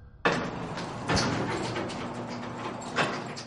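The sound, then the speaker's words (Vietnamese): An elevator jolts to a stop at the 18th floor: a sudden burst of mechanical noise, a heavy thud, then a steady whirring rumble with a low hum and another soft clunk near the end. “Thang máy dừng lại, cô Thành lùi về phía sau một bước.”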